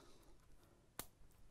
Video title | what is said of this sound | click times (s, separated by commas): Bring MagSafe Back! - Magnetic USB-C Adapter | I don't know if you heard that click but clips in rather easily | 1.0 s